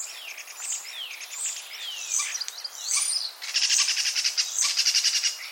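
Common starling mixing squeaks and slurred whistles with harsh rapid rattles, two bursts of buzzy pulses filling the second half.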